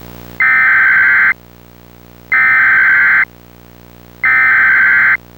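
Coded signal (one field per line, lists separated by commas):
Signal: Emergency Alert System (SAME) tones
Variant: header bursts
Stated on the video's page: Recreation of an EAS activation for a 2008 banking scam.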